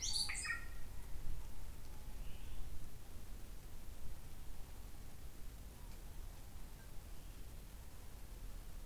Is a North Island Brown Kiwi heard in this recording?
no